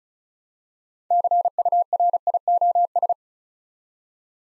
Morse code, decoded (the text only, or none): CURIOS